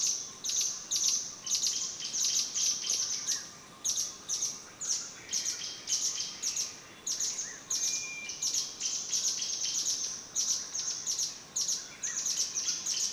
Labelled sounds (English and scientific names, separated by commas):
Banded Prinia (Prinia bairdii)